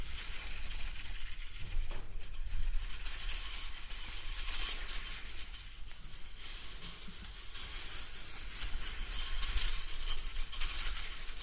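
A metal toy is handled and played with, giving a continuous bright, scratchy rattling that fills the high end for the whole stretch. A low rumble runs underneath, and a sharper clink stands out near the two-second mark, with denser jingling toward the end.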